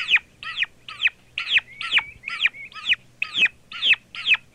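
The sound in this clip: Turkey chicks giving shrill, arched peeps, roughly two per second, over a faint low hum.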